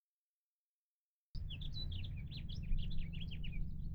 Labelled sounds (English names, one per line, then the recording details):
House Finch song
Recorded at Hewlett Harbor on Long Island, New York, on 10 June 1975
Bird D